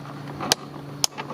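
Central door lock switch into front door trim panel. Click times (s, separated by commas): 0.5 s, 1.0 s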